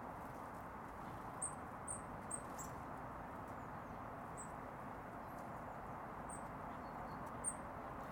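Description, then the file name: Eurasian blue tit giving thin, very high, short call notes, spaced irregularly, over a steady low rumbling background. "Cyanistes caeruleus"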